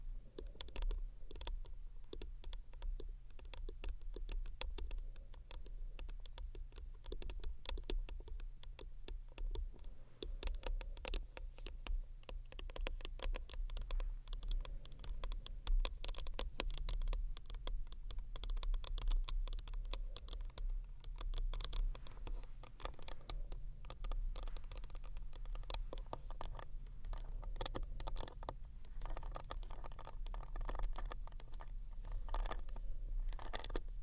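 Tiny bottles are handled against a textured bag, making dense, continuous crinkling and ticking for the whole clip. The small clicks come fast and irregularly, bright, over a steady low hum at a fairly constant level.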